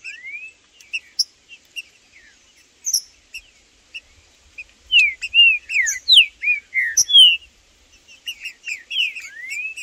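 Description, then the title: Green-winged saltator song: sparse chips at first, then a strong series of clear, swooping whistled notes, a sharp click, and more rising slurred whistles at the end. In the bush; trinca-ferro calling, singing and displaying (macheando) in a dispute with a free-living wild bird; birds named Blindado and Tufão. "Seu TRINCA Piando, Cantando E Macheando Na DISPUTA. Trinca Ferro no MATO Cantando e Macheando muito com Solto! Blindado e Tufão no mato"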